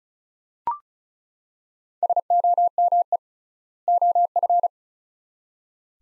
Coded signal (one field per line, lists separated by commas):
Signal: Morse code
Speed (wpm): 36 wpm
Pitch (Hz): 700 Hz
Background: none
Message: SOME OF